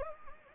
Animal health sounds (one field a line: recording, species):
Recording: mosquito wingbeat signal from an infrared sensor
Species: Anopheles gambiae